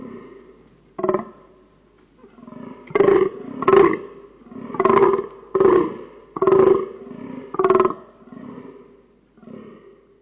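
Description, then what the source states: Fallow deer rutting groans, a string of deep hoarse grunts, some doubled, spaced irregularly over ten seconds. Recorded during the rut.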